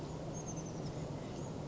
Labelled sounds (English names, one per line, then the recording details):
Oak Titmouse
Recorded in Sonoma County, California